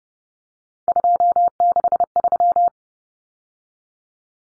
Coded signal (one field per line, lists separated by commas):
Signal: Morse code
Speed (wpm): 30 wpm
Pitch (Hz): 700 Hz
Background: none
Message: 263